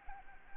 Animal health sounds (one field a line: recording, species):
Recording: mosquito wingbeat signal from an infrared sensor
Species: Anopheles arabiensis